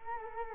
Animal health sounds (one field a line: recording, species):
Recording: mosquito wingbeat signal from an infrared sensor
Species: Culex quinquefasciatus